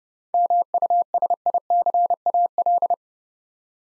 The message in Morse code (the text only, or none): MUSICAL